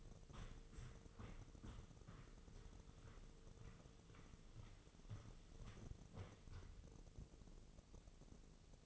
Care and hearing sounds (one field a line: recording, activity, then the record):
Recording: daily activity, microphone in the room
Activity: walk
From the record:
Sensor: 4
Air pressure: 996.7 hPa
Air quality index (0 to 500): 246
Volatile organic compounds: 410 ppm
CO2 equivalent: 4688 ppm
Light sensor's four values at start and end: 52/129/53/54 and 52/129/53/53